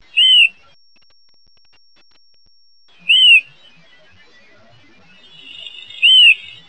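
White-breasted nuthatch giving three short, nasal, arched notes, about three seconds apart.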